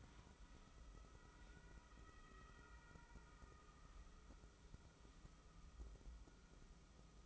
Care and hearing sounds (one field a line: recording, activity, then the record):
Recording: daily activity, microphone in the room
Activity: wipe stove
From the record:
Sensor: 1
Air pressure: 996.1 hPa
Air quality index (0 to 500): 70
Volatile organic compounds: 3 ppm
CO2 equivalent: 1442 ppm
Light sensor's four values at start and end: 28/100/38/39 and 28/100/38/39